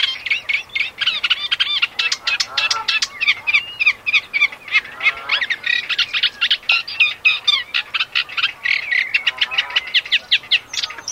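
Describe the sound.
Eurasian reed warbler song: a fast, steady run of scratchy, chattering and grating notes, several a second, without pause.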